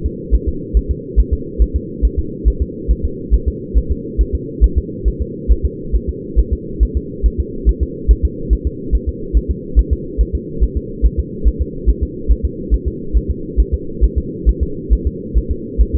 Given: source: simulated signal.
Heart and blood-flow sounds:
fetal heart sounds
0.06 s: S2
0.35 s: S1
0.48 s: S2
0.77 s: S1
0.91 s: S2
1.20 s: S1
1.33 s: S2
1.62 s: S1
1.76 s: S2
2.05 s: S1
2.19 s: S2
2.48 s: S1
2.62 s: S2
2.91 s: S1
3.05 s: S2
3.34 s: S1
3.48 s: S2
3.78 s: S1
3.91 s: S2
4.21 s: S1
4.35 s: S2
4.64 s: S1
4.78 s: S2
5.08 s: S1
5.22 s: S2
5.51 s: S1
5.66 s: S2
5.95 s: S1
6.09 s: S2
6.39 s: S1
6.53 s: S2
6.83 s: S1
6.97 s: S2
7.26 s: S1
7.40 s: S2
7.69 s: S1
7.83 s: S2
8.11 s: S1
8.25 s: S2
8.53 s: S1
8.67 s: S2
8.95 s: S1
9.09 s: S2
9.37 s: S1
9.51 s: S2
9.79 s: S1
9.93 s: S2
10.21 s: S1
10.35 s: S2
10.63 s: S1
10.77 s: S2
11.06 s: S1
11.19 s: S2
11.48 s: S1
11.61 s: S2
11.89 s: S1
12.03 s: S2
12.31 s: S1
12.45 s: S2
12.74 s: S1
12.88 s: S2
13.17 s: S1
13.31 s: S2
13.60 s: S1
13.74 s: S2
14.04 s: S1
14.18 s: S2
14.49 s: S1
14.63 s: S2
14.93 s: S1
15.07 s: S2
15.38 s: S1
15.51 s: S2
15.81 s: S1
15.95 s: S2
From the record:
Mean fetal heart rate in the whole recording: 140 bpm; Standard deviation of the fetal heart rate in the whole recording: 2 bpm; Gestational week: 34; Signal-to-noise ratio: -4.3 dB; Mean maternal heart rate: 72 bpm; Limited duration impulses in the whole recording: present

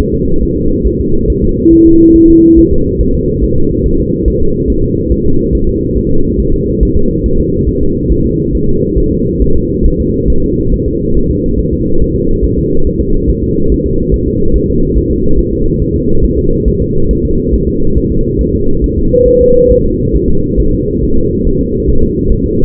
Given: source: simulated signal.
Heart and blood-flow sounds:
fetal heart sounds
0.14 s: S2
0.43 s: S1
0.57 s: S2
0.87 s: S1
1.01 s: S2
1.30 s: S1
1.44 s: S2
1.73 s: S1
1.87 s: S2
2.16 s: S1
2.30 s: S2
2.59 s: S1
2.73 s: S2
3.01 s: S1
3.15 s: S2
3.44 s: S1
3.58 s: S2
3.86 s: S1
4.00 s: S2
4.28 s: S1
4.42 s: S2
4.70 s: S1
4.84 s: S2
5.12 s: S1
5.26 s: S2
5.55 s: S1
5.69 s: S2
5.98 s: S1
6.11 s: S2
6.40 s: S1
6.54 s: S2
6.83 s: S1
6.97 s: S2
7.26 s: S1
7.40 s: S2
7.69 s: S1
7.83 s: S2
8.12 s: S1
8.26 s: S2
8.55 s: S1
8.69 s: S2
8.98 s: S1
9.12 s: S2
9.42 s: S1
9.56 s: S2
9.86 s: S1
10.00 s: S2
10.30 s: S1
10.44 s: S2
10.74 s: S1
10.88 s: S2
11.17 s: S1
11.31 s: S2
11.59 s: S1
11.73 s: S2
12.02 s: S1
12.16 s: S2
12.45 s: S1
12.58 s: S2
12.87 s: S1
13.01 s: S2
13.30 s: S1
13.44 s: S2
13.72 s: S1
13.86 s: S2
14.14 s: S1
14.28 s: S2
14.56 s: S1
14.70 s: S2
14.97 s: S1
15.11 s: S2
15.39 s: S1
15.53 s: S2
15.82 s: S1
15.96 s: S2
16.25 s: S1
16.38 s: S2
16.68 s: S1
16.82 s: S2
17.11 s: S1
17.25 s: S2
17.54 s: S1
17.68 s: S2
17.98 s: S1
18.12 s: S2
18.41 s: S1
18.55 s: S2
18.84 s: S1
18.98 s: S2
19.28 s: S1
19.42 s: S2
19.71 s: S1
19.85 s: S2
20.16 s: S1
20.30 s: S2
20.60 s: S1
20.74 s: S2
21.04 s: S1
21.17 s: S2
21.47 s: S1
21.61 s: S2
21.89 s: S1
22.03 s: S2
22.32 s: S1
22.46 s: S2
From the record:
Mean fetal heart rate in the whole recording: 140 bpm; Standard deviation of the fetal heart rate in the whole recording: 2 bpm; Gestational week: 34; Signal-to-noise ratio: -17.7 dB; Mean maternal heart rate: 72 bpm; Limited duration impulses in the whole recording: present

